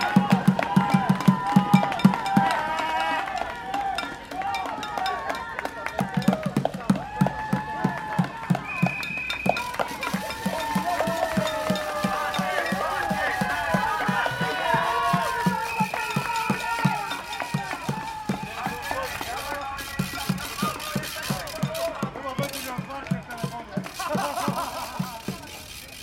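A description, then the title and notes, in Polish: A group of spectators cheers marathon runners along a city street, with a steady, fast drumbeat pounding through most of the clip. Voices shout and chatter throughout, and short whistle blasts cut in around nine seconds and again near sixteen to nineteen seconds. Profesjonalne dopingowanie biegaczy przez grupę kibiców na ulicy Grabiszyńśkiej. Rekorder, mikrofon: Sony PCM D50. 33. Maraton Wrocławski - dopingowanie zawodników.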